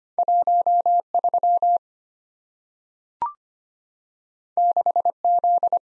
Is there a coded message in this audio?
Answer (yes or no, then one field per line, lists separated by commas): yes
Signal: Morse code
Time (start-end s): 0.2-5.8 s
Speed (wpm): 25 wpm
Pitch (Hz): 700 Hz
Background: none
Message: 13 6Z